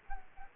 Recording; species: mosquito wingbeat signal from an infrared sensor; Culex quinquefasciatus